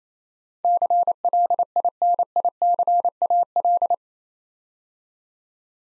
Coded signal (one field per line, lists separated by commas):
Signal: Morse code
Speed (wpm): 29 wpm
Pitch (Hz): 700 Hz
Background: none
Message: CLINICAL